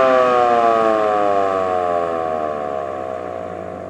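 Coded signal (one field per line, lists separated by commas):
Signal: siren signal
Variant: Federal Signal Model 2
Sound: loud rich mechanical siren wail gliding slowly downward in pitch for about four seconds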